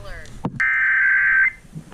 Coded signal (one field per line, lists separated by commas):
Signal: Emergency Alert System (SAME) tones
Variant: header bursts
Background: speech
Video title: EAS #168- Georgia Required Monthly Test on WFSH, WAKL, WVEE, and WSTR